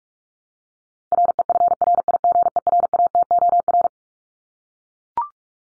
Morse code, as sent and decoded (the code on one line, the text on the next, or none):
.-. . ..-. .-. .. --. . .-. .- - --- .-.
REFRIGERATOR